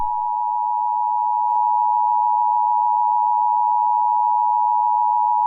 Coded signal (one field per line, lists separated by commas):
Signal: Emergency Alert System (SAME) tones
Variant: 853 and 960 Hz attention tone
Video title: EAS scenario 22 (MEGA): Herobrine 5: it all ends here